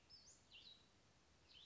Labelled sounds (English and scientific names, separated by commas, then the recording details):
Western Flycatcher (Empidonax difficilis)
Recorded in Sonoma County, California